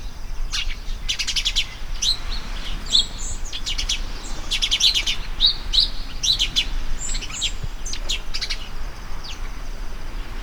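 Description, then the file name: House sparrow chirps, many short harsh notes overlapping in busy bursts throughout, as if several birds call together, over a steady low background rumble. "Passer domesticus"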